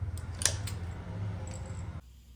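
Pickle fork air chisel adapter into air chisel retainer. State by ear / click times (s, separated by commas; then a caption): seated / 0.5 s. A pickle fork, already threaded onto its air chisel adapter, is pushed into the air chisel's retainer and seats with a sharp click at 0.5 s. Fainter metallic ticks come just before and after it over a low steady hum, which drops away at about 2.0 s.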